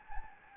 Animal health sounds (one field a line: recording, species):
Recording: mosquito wingbeat signal from an infrared sensor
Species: Anopheles gambiae